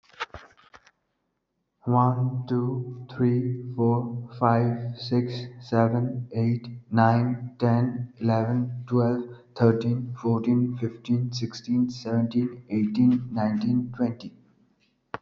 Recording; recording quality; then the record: counting at a normal pace; excellent, no background noise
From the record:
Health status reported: respiratory illness, not identified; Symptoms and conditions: none ticked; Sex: male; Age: 34 years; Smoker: yes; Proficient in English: yes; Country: India